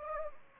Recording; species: mosquito wingbeat signal from an infrared sensor; Anopheles gambiae